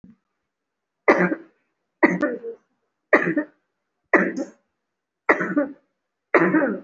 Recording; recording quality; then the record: heavy voluntary cough; excellent, no background noise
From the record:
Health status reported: recovered from COVID-19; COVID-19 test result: positive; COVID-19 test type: RT-PCR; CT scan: taken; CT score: 3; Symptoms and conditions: cough, cold, breathing difficulty, chronic lung disease, pneumonia, hypertension, diabetes, another condition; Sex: female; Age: 63 years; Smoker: no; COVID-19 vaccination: none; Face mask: worn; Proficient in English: yes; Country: India